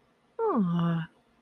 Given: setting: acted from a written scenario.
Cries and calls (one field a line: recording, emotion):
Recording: vocal sound without words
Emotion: adoration